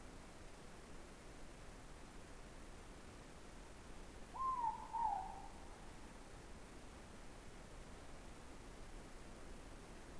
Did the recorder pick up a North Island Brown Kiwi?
no